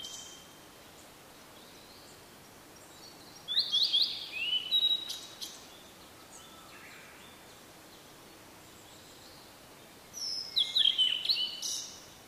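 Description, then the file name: Blue-and-white flycatcher song: two whistled phrases of slurred notes and trills, with a quiet gap between. "oruri"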